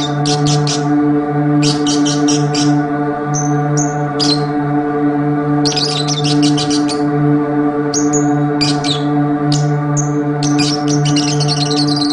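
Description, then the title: Oriental magpie-robin song in bursts of fast rattling trills mixed with clear short whistles, repeated every second or two, over a constant low hum. "Kicau Kacer"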